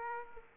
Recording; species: mosquito wingbeat signal from an infrared sensor; Aedes aegypti